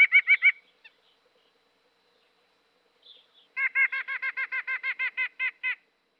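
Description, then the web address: White-breasted Nuthatch calls: a short burst of nasal notes, a pause, then a longer, slightly slowing run of nasal, hoarse notes. "Dan Gibson Wildlife Identification By Sound, Eastern North America Pt 2. White-Breasted Nuthatch"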